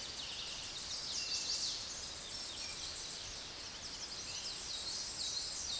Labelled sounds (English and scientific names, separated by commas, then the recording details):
Tennessee Warbler (Leiothlypis peregrina) song
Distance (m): 25 m
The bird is about 15 m above the microphone
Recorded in a Pennsylvania forest on 16 May 2024 at 06:18
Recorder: AudioMoth, point MSD-1849
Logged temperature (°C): 12.1 °C
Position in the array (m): 39 m, 54 m